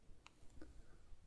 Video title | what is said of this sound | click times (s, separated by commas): How to open up your Rapido RS-18 and RS-11 locomotives | holding the frame use the screwdriver to loosen the clips and push them through you'll hear a satisfying click when they disengage | 0.3 s, 0.6 s